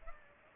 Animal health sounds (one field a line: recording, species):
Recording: mosquito wingbeat signal from an infrared sensor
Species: Culex pipiens